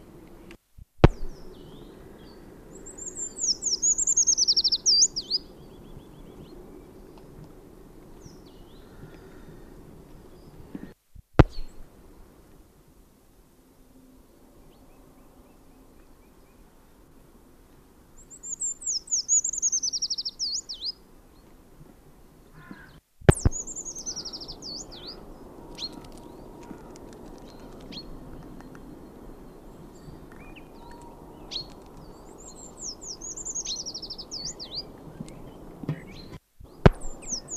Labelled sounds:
Eurasian Treecreeper (Certhia familiaris) song
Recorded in the wild
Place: Garmisch-Partenkirchen, Bayern, DE
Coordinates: 47.4917, 11.0794
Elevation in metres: 703
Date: 1967-03-25
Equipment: Nagra
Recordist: Tretzel, Erwin

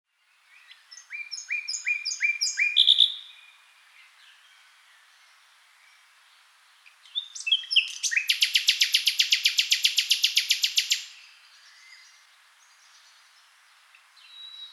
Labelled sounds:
Common Nightingale (Luscinia megarhynchos)
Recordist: Frommolt, Karl-Heinz

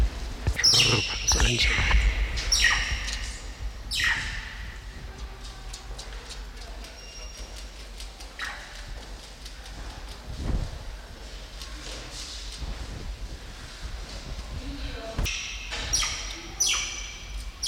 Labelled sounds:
Banded Mongoose (Mungos mungo)
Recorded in captivity
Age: adult
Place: Zoo Halle, Sachsen-Anhalt, DE
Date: 1993-04-24
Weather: heiter, 16-24 °C
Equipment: Sony WM-D6C, Sony ECM-939 LT, Kopie Uher Variocord 263
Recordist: Tembrock, Günter
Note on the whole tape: Diverse Lautformen in Gruppe (auch Aufreiten und Drohen gegen abgesetztes Männchen im Nebengehege) (1-2 m)

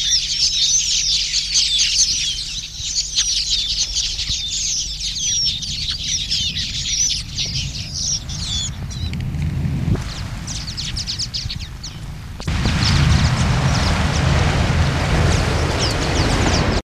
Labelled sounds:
Red-billed Quelea (Quelea quelea) call
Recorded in the wild
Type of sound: call
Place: Ngamisee, BW
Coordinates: -20.462, 22.7986
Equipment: Halbspur, 9,5 cm/s
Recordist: Lütgens, Hans
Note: Im Schwarm

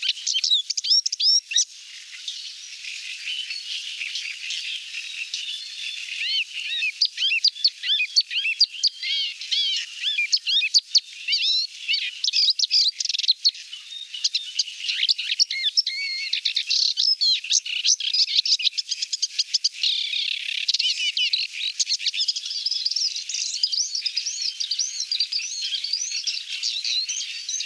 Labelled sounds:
Paddyfield Warbler (Acrocephalus agricola) song
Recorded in the wild
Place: Astrachan/Kalmückensteppe, Kalmykia, RU
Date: 1993-05-27
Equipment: Dat-Recorder Casio DA 7, Telinga DAT, Telinga-Parabolspiegel
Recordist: Schwarz, Dieter
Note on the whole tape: Song

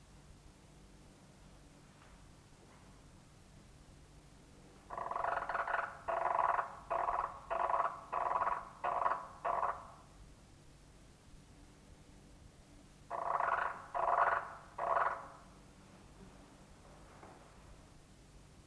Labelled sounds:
Marsh Frog (Pelophylax ridibundus) call
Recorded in captivity
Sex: male
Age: adult
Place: Museum für Naturkunde Berlin, Berlin, DE
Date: 1966-04-25 22:30
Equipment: Smaragd, Grundig-Mikrofon
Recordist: Günther, Rainer

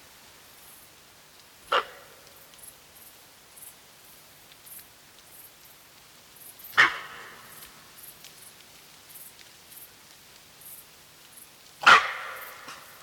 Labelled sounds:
Fallow Deer (Dama dama)
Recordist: Tembrock, Günter
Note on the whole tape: Mehrere Weibchen mit Jungen: Schreckbellen auf Beobachter bezogen, mehrere Exemplare mit gestoßenen Schnauflauten Wetter: Regen

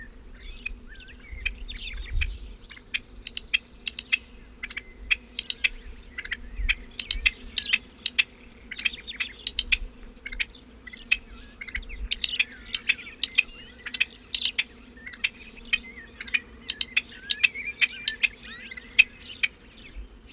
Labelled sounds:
Rock Partridge (Alectoris graeca) call
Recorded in the wild
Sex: Männchen
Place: Melnik, Blagoewgrad, BG
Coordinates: 41.525, 23.392
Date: 1974-05-24 11:00
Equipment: Nagra III BH, Sennheiser MD 21, parabola
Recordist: Schubert, Michael

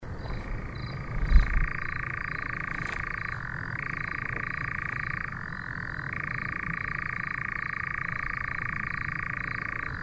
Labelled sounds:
Eurasian Nightjar (Caprimulgus europaeus)
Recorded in the wild
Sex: male
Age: adult
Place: Schönow, Naturpark Barnim, Brandenburg, DE
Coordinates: 52.6947, 13.5039
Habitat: heather
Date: 2013-06-07 22:53
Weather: clear, windless, 15°C
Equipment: Sound Devices 702, Sennheiser MKH 70, Rycote Windschutz
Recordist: Frommolt, Karl-Heinz
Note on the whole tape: Ostteil des Naturschutzgebietes Schönower Heide: Gesang und ein Ruf eines Ziegenmelkers. Entfernung ca. 30 m, bei Ruf ca. 20 m

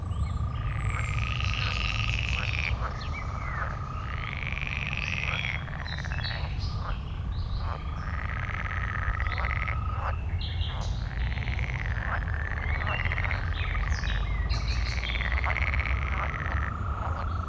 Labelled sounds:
Green Toad (Bufo viridis) call
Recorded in the wild
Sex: male
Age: adult
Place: Malchower Aue, Berlin, DE
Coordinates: 52.5817, 13.4869
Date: 1990-05-20 21:15
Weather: Temperatur: Luft - 14,5°C, Wasser - 20,5°C
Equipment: Uher 4400 Report Monitor, Sennheiser MKH 416 T
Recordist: Frommolt, Karl-Heinz

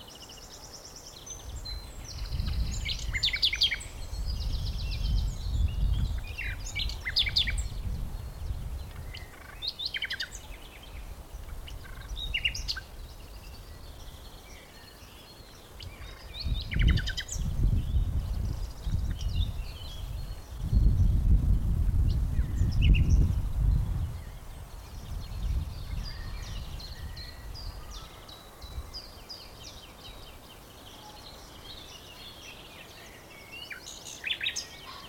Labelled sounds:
Common Nightingale (Luscinia megarhynchos)
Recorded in the wild
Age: adult
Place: Blankenfelde, Berlin, DE
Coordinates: 52.625, 13.404
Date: 1992-04-25 12:48
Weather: böiger Wind, 16-23°C
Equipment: Nagra SN, Mikrofon AKG CK 8, Kopie Tesla B 116
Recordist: Tembrock, Günter
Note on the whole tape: Fließtal bei Mühlenbeck; singt nur Bruchstücke

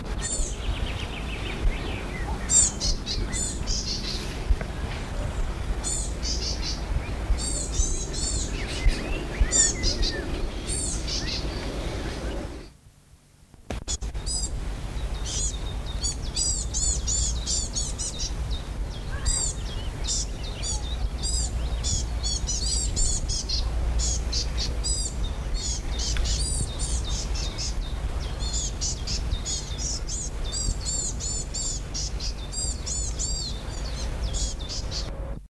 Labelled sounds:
Willow Tit (Poecile montanus) call
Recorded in the wild
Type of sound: call
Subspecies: salicarius
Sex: group
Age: subadult
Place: Laatzen, Niedersachsen, DE
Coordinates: 52.3089, 9.8081
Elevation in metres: 63
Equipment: Halbspur, 9,5 cm/s
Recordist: Lütgens, Hans
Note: Flügge junge Weidenmeisen

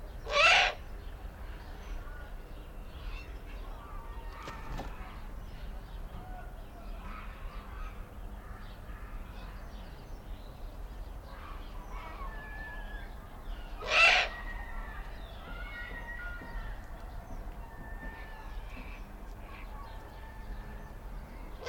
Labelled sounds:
Eurasian Eagle-owl (Bubo bubo) call
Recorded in captivity
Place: Timmendorfer Strand, Holsteinische Schweiz, Schleswig-Holstein, DE
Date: 1992-09-21 15:51
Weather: sonnig, 22°C
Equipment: Marantz CP 430, Sennheiser ME 80, Kopie Tesla B 116
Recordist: Tembrock, Günter
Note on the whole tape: Vogelpark Niendorf; B. b. omissus; Lautfolgen (einsilbige Laute) längere Folge, Männchen oder Jungtier

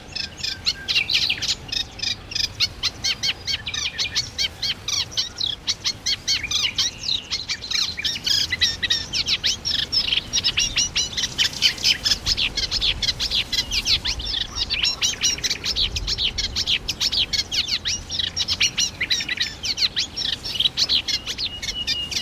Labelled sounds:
Eurasian Reed Warbler (Acrocephalus scirpaceus) song
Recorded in the wild
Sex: male
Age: adult
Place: Mühlenbecker Land, OT Mönchmühle, Brandenburg, DE
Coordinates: 52.6464, 13.3944
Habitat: pond
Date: 1988-06-04 10:42
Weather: overcast, 18-20°C, wind
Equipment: Nagra SN, Kopie Tesla B 116
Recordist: Tembrock, Günter

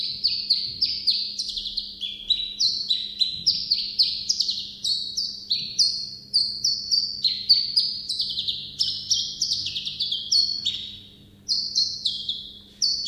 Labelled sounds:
Common Chiffchaff (Phylloscopus collybita) song
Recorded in captivity
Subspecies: collybita
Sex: male
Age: adult
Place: Zoologisches Institut Universität Tübingen, Baden-Württemberg, DE
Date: 1965-05-18 10:25
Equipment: Nagra III PH, kleiner englischer Parabolspiegel, LGS26
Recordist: Schneider, Hans-Joachim
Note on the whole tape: Werbegesänge von Männchen blau/grün - lila/lila. Auf diesem Band auch Aufnahmen vom 21. Mai um 6.50 Uhr: Männchen blau/grün - lila/braun. Aufnahmen in einem separaten Raum mit kleinem englischen Parabolspiegel. MaAs: E.B

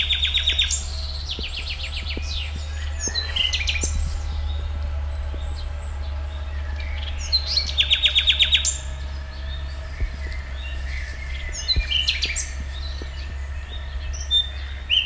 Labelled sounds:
Common Nightingale (Luscinia megarhynchos)
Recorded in the wild
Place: Schloßpark Babelsberg, Brandenburg, DE
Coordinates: 52.4, 13.1
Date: 1996-06-07 12:55
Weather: sonnig, 24-30°C
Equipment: Sony MD-WM MZ-R3, Sennheiser MKH 416 T, Kopie Uher 4000 Report Monitor
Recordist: Tembrock, Günter

